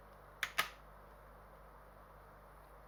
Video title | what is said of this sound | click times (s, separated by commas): Earthrise Scorponok review | head on locks in place there | 0.4 s, 0.6 s